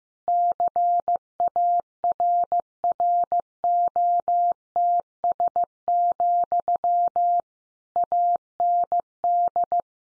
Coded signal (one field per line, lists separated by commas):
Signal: Morse code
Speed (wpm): 15 wpm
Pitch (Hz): 700 Hz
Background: none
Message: CARROTS, AND